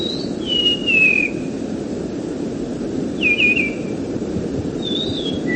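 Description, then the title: Bird song: drawn-out whistles that fall in pitch, about three phrases spaced a couple of seconds apart, set against constant low-pitched background noise. "burung online"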